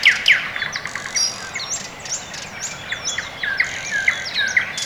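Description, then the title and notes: Birds chirping and whistling, short bright notes and high thin calls from several singers, over soft background hiss. Birds on a quiet early morning in Orekhovo-Borisovo Severnoye district, Moscow, Russia; recorded with Sony ECM-MS2 into Marantz PMD-661, processed with iZotope RX II (EQ, gain). "район Орехово-Борисово Северное, Москва, Россия - Morning birds. Quiet early morning"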